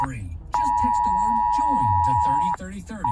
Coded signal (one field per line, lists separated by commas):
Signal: Emergency Alert System (SAME) tones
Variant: 853 and 960 Hz attention tone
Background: speech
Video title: National Periodic Test (EAS Alerts: #256) - 8/11/21